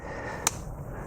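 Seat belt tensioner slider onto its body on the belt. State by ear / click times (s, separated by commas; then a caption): seated / 0.5 s. A CG Lock seat belt tensioner, set to its full-loose side, has its slider pushed together along the seat belt webbing onto its body. It seats with a single sharp, bright click at 0.5 s over a quiet background hiss. The slider is confirmed clicked into place.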